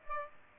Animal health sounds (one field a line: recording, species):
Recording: mosquito wingbeat signal from an infrared sensor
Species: Aedes aegypti